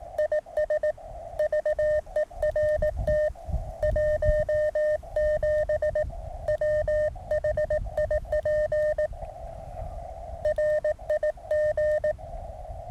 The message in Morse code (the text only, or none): IS VERT 17 WHIP RIG